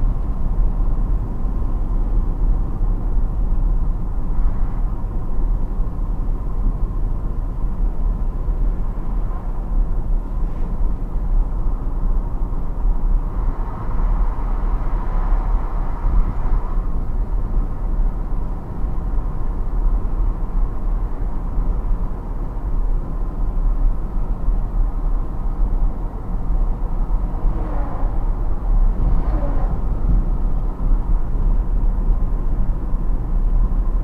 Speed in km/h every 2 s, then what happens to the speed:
66, 66, 66, 64, 62, 62, 62, 62, 62, 62, 62, 62, 62, 62, 64, 64, 62.
0-34 steady at about 62.